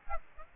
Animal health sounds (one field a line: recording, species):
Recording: mosquito wingbeat signal from an infrared sensor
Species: Aedes aegypti